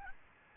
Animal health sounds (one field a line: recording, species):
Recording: mosquito wingbeat signal from an infrared sensor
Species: Aedes albopictus